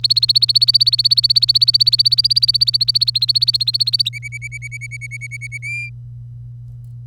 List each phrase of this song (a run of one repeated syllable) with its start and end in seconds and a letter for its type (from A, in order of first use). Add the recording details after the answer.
0.00-4.09 A, 4.13-5.58 B, 5.62-5.89 C. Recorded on 25 April 2018 at 07:45. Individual llb3